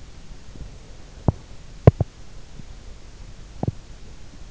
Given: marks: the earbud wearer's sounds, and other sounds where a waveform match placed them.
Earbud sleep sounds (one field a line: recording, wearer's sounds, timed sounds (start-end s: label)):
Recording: sounds in sleep by an in-ear microphone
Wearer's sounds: teeth grinding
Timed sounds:
1.24-2.08 s: teeth grinding
3.56-3.86 s: teeth grinding